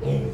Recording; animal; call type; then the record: contact call of a hoofed animal; pig; closed-mouth grunt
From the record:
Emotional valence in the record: positive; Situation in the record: food and toys in familiar pen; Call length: 0.35 s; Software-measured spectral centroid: 1320 Hz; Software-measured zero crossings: 630 a second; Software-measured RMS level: -24 dBFS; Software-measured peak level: -14 dBFS